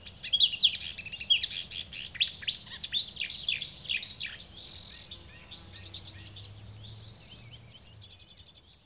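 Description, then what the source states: Marsh warbler song, a fast jumble of high chattering and trilled notes that grows quieter and sparser after about four seconds. Recorded 6 June 2016.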